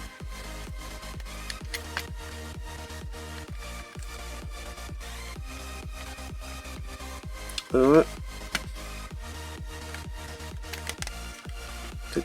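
A plastic part of a 1:8 scale Ford GT40 model car is handled in preparation for being pressed into place on the model assembly. Steady electronic dance music with a regular beat plays throughout, someone talks briefly, and a louder tonal burst rises around 7.8 s. Nothing has seated or clicked yet.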